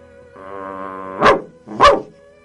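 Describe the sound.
A child's voice imitates a dog, holding a low, steady growl-like tone before letting out two sharp, loud barks in quick succession.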